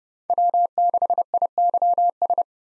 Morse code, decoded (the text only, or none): W6IYS